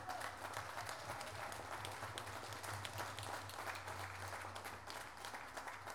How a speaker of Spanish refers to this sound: me gustaría darle un fuerte aplauso, por favor